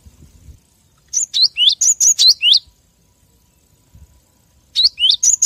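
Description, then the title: Lovebird calls, quick high squeaky notes twisting up and down in a burst, a quiet gap, then a second shorter run of chirps. Lovebird call used as a lure for trapping birds. "PIKAT BURUNG LOVEBIRD"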